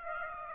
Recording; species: mosquito wingbeat signal from an infrared sensor; Aedes aegypti